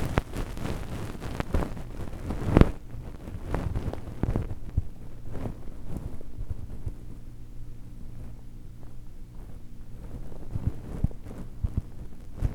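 Fluffy ear cleaning: soft, muffled rubbing and brushing with a deep, rumbling texture. The first four seconds are busier, with a sharp thump near 2.5 seconds; the middle is quieter, with gentle strokes before a few scratchy touches return near the end.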